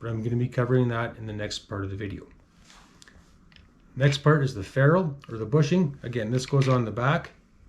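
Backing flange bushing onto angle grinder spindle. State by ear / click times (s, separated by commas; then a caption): not seated / none. Someone talks while handling the backing flange, a ferrule or bushing, that goes onto the back of an angle grinder spindle. A few faint, brief handling ticks sound during a pause near 3.0 to 3.6 s. The clip ends before the part goes home, and nothing has seated or clicked yet.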